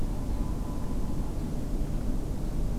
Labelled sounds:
none

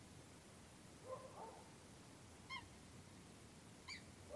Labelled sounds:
Eurasian Coot (Fulica atra)

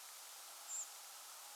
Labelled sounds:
Redwing (Turdus iliacus)

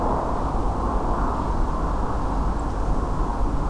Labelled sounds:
Song Thrush (Turdus philomelos)

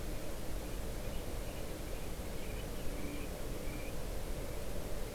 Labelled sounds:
Common Redshank (Tringa totanus)

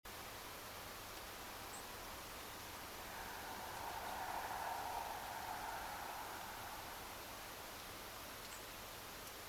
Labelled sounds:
European Robin (Erithacus rubecula), unidentified sound

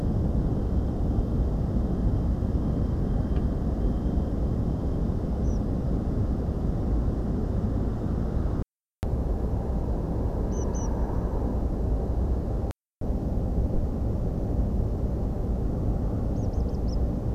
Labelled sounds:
Tree Pipit (Anthus trivialis)

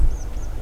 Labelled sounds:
Tree Pipit (Anthus trivialis)

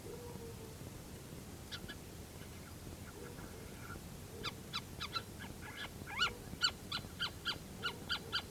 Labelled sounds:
Little Owl (Athene noctua)

